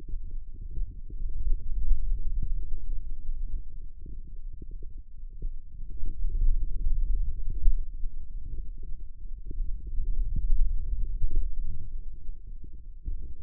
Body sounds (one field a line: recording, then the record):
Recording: forearm muscle sounds (acoustic myography)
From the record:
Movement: finger pinch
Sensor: system 2, bracelet of six BSWA MPA416 microphones around the upper forearm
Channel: 6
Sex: male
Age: 22 years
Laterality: right